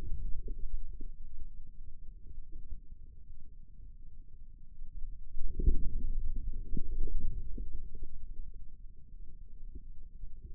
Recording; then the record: forearm muscle sounds (acoustic myography)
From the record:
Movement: inward rotation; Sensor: system 2, bracelet of six BSWA MPA416 microphones around the upper forearm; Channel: 1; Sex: male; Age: 22 years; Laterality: right